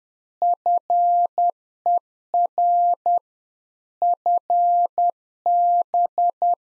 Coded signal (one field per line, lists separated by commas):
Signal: Morse code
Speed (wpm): 10 wpm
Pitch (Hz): 700 Hz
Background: none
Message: FER FB